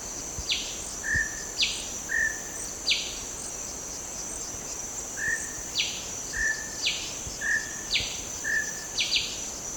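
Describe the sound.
Greater racket-tailed drongo calls: sharp descending notes and short whistled notes, given about once a second over a steady high insect drone.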